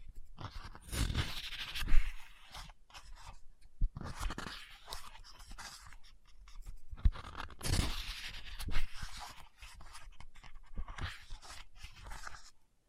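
Scratching and tapping on a book, with dry papery rustles, quick taps and irregular scrapes; louder swishes near two and eight seconds.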